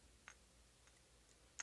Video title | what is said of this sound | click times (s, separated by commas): How to Build a Fast co2 Pinewood Derby Car | it just locks in place and then we'll just show you here when this goes down then | 1.6 s